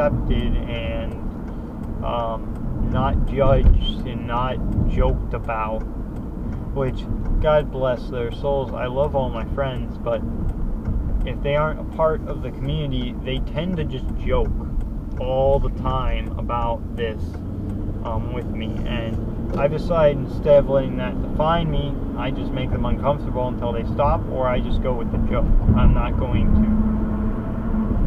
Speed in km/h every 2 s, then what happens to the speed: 52, 48, 48, 47, 48, 45, 39, 31, 34, 44, 56, 63, 66, 69.
0-9 steady at about 48. 9-15 slows to 31. 15-28 speeds up to 69.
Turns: none.